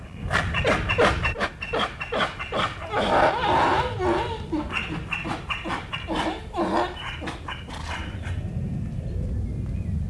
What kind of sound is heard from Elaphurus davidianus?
rut call